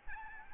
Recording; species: mosquito wingbeat signal from an infrared sensor; Aedes albopictus